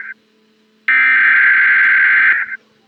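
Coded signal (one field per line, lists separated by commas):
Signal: Emergency Alert System (SAME) tones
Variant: header bursts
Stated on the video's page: Fictional EAS scenario, simulated alert.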